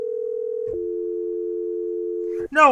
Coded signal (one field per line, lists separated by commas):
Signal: telephone call progress tone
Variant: North America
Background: speech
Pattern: dial tone